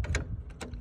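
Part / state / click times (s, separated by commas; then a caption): circuit breaker into electrical panel / seated / 0.2 s. A new 15 amp circuit breaker is placed in the groove on the side of an electrical panel bus and pushed in. It snaps into place with a sharp click at 0.2 s, among several other short clicks and knocks. The breaker is seated.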